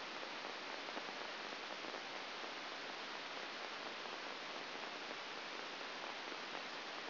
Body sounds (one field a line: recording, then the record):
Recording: brain microelectrode recording played as sound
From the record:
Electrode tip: outside the subthalamic nucleus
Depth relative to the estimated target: -6 mm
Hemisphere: right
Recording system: AlphaMap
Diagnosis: Parkinson's disease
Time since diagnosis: 12 years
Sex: male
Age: 57 years